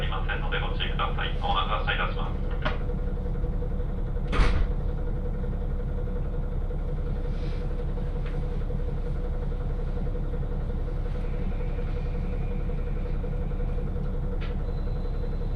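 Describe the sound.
A train ride on the Hakodate Main Line, with a steady, dense low rumble running the whole time and a constant mid-pitched hum above it. Bright chirping squeals flicker in the first few seconds, a sharp knock lands around 4 seconds, and faint clicks follow later.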